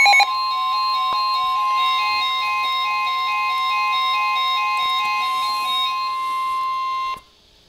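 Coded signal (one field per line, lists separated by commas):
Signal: Emergency Alert System (SAME) tones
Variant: 1050 Hz attention tone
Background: music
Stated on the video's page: Severe Thunderstorm and Special Marine Warnings received on NOAA Weather Radio.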